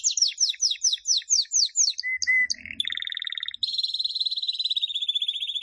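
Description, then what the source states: Canary song opening with a quick series of descending buzzy sweeps, then short whistled notes and long, rapid rolling trills at varied pitches. Song described as 'gacor', a local term for a bird singing energetically and continuously.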